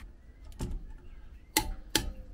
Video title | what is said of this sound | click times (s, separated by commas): Ibex Spring Prep | when you hear that little click that means that it's at the right tension | 1.6 s, 2.0 s